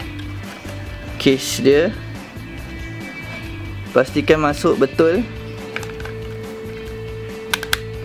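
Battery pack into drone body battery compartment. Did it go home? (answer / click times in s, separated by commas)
yes / 7.5 s, 7.7 s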